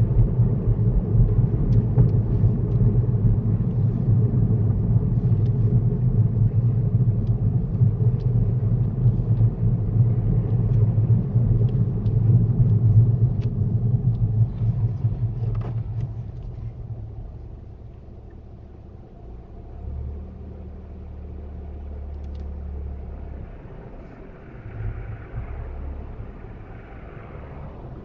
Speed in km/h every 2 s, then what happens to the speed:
31, 26, 23, 24, 26, 24, 15, 5, 0, 0, 0, 0, 0, 0.
0-4 slows to 23. 4-10 steady at about 24. 10-15 brakes to 0. 15-28 standing.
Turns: none.